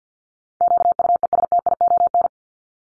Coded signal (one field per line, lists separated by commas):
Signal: Morse code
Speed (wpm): 50 wpm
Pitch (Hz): 700 Hz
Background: none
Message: QUESTION